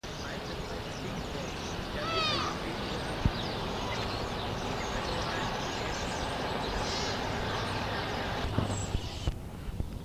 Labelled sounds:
Mule Deer (Odocoileus hemionus) call
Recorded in captivity
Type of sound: call
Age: juvenile
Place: Tierpark Berlin, Berlin, DE
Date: 1965-10-09 14:00
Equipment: Telefunken Magnetophon 300, Sennheiser MD 421, Transistorverstärker 2
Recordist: Tembrock, Günter
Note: Maultierhirsch. Je ein Ruf der beiden Jungtiere. Abstand: 10 m. Aufnahmezeit: 14.00-18.00 Uhr

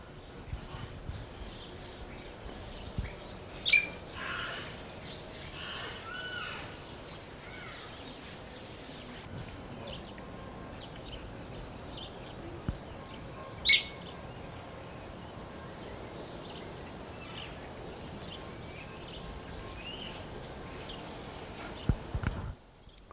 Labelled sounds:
Ornate Hawk-Eagle (Spizaetus ornatus) call
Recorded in captivity
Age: adult
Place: Tierpark Berlin, Berlin, DE
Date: 1980-09-06 12:00
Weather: bedeckt, ca. 17°C, böiger Wind
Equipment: Nagra SN, Kopie Uher 4200 Report Monitor
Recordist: Tembrock, Günter

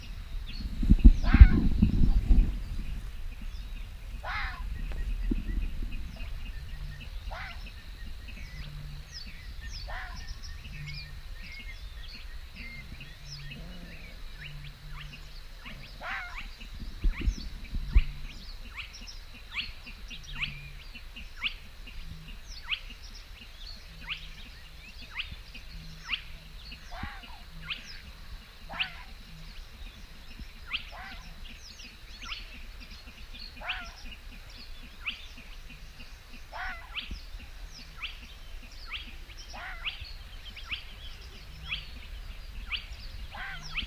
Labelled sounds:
Red Fox (Vulpes vulpes)
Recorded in the wild
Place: Kützerhof, Kummerower See, Mecklenburg-Vorpommern, DE
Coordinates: 53.8586, 12.8625
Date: 2009-05-26
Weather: schwacher Wind aus Ost, klarer Himmel, ca. 15°C
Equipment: Sound Devices 702, Sennheiser MKH 70, Rycote Windschutz
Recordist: Frommolt, Karl-Heinz

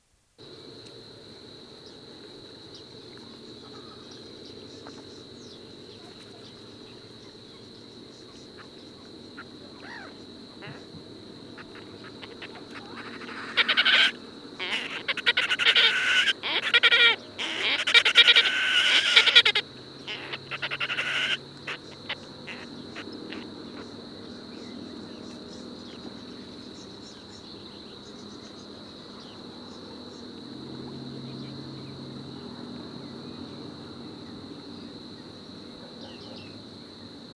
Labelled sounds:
Red-necked Grebe (Podiceps grisegena), Savi's Warbler (Locustella luscinioides) song
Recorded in the wild
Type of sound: call
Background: Locustella luscinioides
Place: Schwerin, Großer Dambecker See, Mecklenburg-Vorpommern, DE
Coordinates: 53.781, 11.392
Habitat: lake
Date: 1975-05-10
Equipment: Nagra III BH, Sennheiser MD 21, parabola
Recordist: Schubert, Michael
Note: Gesang Rohrschwirl; Rothalstaucher

